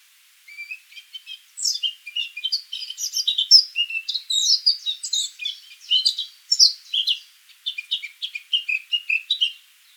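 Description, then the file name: Eurasian blackcap singing a busy, varied, high warble of quick chattering phrases. "Sylvia atricapilla"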